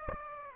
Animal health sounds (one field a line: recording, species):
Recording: mosquito wingbeat signal from an infrared sensor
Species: Aedes aegypti